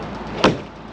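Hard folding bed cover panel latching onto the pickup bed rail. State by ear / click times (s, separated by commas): seated / 0.4 s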